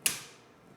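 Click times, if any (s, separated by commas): 0.1 s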